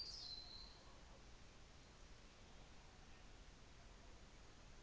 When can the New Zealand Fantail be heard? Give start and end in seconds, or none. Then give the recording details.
none. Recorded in New Zealand on 24 December 2018. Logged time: 17:45